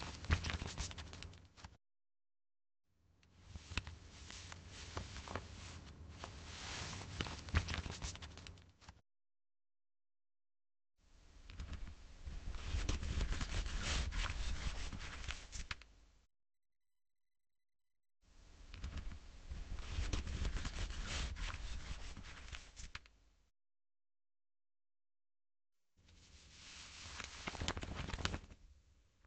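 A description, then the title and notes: Pages are flipped and rustled in long bursts of about five or six seconds each, separated by short stretches of complete silence. Each burst is a dense, papery scraping and rubbing with a soft low thump underneath. Flip Pages.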